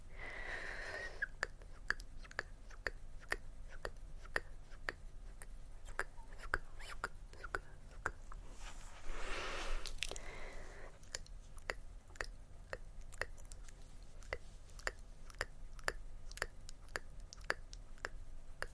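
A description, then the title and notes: Mouth sounds and face touching: a steady run of sharp, bright clicks and smacks, roughly two or three per second, through the whole clip. Softer rustling swells come in near the start and again around nine to ten seconds, over a low constant hum. ASMR Witch Relaxes You With Face Touching and Mouth Sounds.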